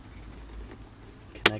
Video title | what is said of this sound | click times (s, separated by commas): 2001 Toyota Avalon Cabin Air Filter - Bosch | that till it clips | 1.5 s